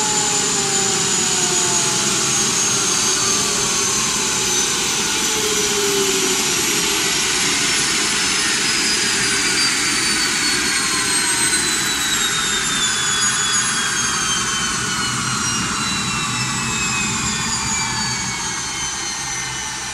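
A loud, steady airplane jet engine roar on an airstrip in the Amazon jungle fills the whole stretch, with high whining tones slowly sliding downward over a dense rumbling wash. No one speaks.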